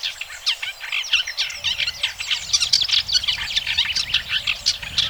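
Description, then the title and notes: Bird song, a dense stream of rapid, high chirps and trills repeated without pause, with faint low rumble beneath. Birdsong played for training pet birds to learn songs. "Suara Burung. Suara Kicauan Burung untuk memaster burung kesayangan"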